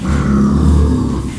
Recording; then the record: squeal of a Yucatan mini pig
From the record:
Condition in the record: after surgery on the right vocal fold (resection and tissue-engineered implant); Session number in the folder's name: 17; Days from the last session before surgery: 195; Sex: female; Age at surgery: 19 weeks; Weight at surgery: 25 kg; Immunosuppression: prednisolone